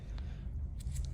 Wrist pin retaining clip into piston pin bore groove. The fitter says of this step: into it and then lightly I press into it once you hear that click